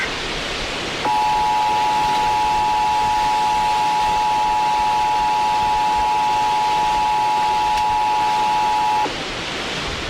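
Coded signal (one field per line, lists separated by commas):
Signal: Emergency Alert System (SAME) tones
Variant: 853 and 960 Hz attention tone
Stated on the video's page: Extreme Wind Warning EAS audio, recorded by a storm-chasing source.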